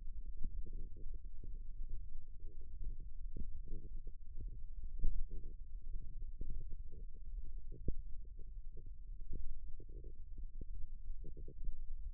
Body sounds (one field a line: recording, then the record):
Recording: forearm muscle sounds (acoustic myography)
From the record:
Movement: index flexion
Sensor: system 1, eight BSWA MPA416 microphones around the upper forearm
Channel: 6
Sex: female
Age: 21 years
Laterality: right